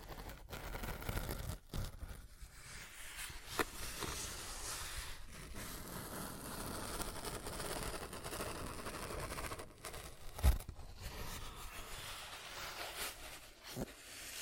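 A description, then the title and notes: ASMR scratching and tapping: a continuous rough, bright scraping texture runs through the clip, broken by brief pauses near 1.5, 5, 10 and 13.5 seconds. A sharp louder tap lands around 10.5 seconds, with smaller clicks scattered elsewhere. ASMR Tapping, Scratching & Zipper Sounds.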